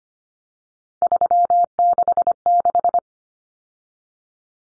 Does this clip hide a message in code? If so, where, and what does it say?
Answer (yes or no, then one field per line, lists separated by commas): yes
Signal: Morse code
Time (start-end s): 1.0-3.0 s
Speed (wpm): 25 wpm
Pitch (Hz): 700 Hz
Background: none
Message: 366